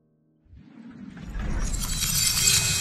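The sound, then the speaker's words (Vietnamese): Glass shatters in a swelling, sustained crash, with a low rumble building under a bright, glittering spray of tinkling shards that grows louder toward the end. “Khung cảnh mờ ảo của quá khứ dần biến mất đi, vỡ dần thành từng mảnh nhỏ.”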